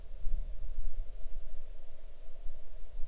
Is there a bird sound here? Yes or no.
yes